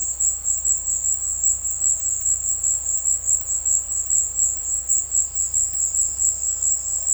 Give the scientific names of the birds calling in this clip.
none